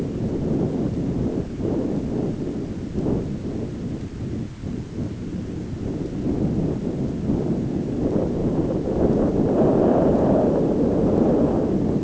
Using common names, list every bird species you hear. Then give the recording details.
none. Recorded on Arctic tundra, site ZACK-1, on 15 June 2019. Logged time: 19:49